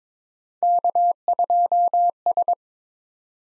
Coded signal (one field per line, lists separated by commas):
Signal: Morse code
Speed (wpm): 22 wpm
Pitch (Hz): 700 Hz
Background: none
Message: K2S